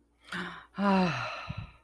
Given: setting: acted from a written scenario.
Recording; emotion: vocal sound without words; relief